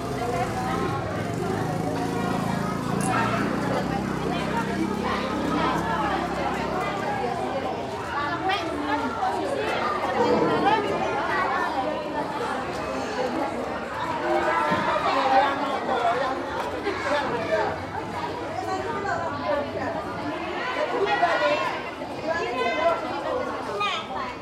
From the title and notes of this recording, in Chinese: 印尼東爪哇-博約內哥羅區的鄉村早晨 Urban Soundscapes - East Java, a morning in Bojonegoro village recorded by Nigel Brown。這是一個村落的早晨，穿過市集，圍繞著一所學校周邊，日常的聲景，向我們層層舖展開來。